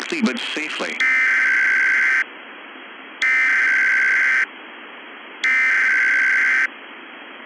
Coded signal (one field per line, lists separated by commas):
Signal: Emergency Alert System (SAME) tones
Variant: header bursts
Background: speech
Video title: "NUCLEAR WINTER 2" [WINTER/NUCLEAR EAS SCENARIO]